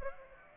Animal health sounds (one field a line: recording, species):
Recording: mosquito wingbeat signal from an infrared sensor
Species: Aedes aegypti